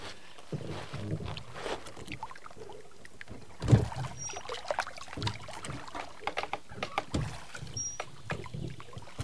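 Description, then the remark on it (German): Wooden oars splash and knock as a rowboat moves through water, with repeated strokes, creaks and a louder thump partway through, over a soft steady lapping. “Da, ein Ruderboot. Lassen Sie uns ein wenig Boot fahren.”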